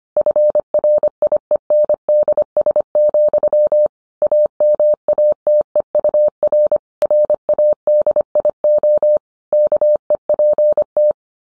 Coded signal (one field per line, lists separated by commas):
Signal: Morse code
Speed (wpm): 25 wpm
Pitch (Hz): 600 Hz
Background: none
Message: FRIENDS, AMATEUR RADIO KEPT